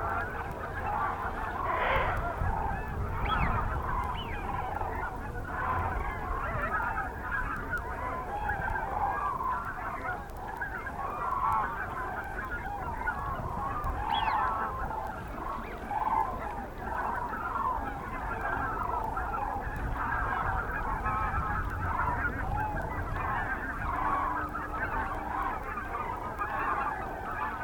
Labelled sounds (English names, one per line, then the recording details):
Eurasian Wigeon call
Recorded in the wild
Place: Freesen, Insel Rügen, Mecklenburg-Vorpommern, DE
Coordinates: 54.497, 13.237
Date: 1969-10-07
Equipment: Nagra III BH, Sennheiser MD 421, parabola
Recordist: Schubert, Michael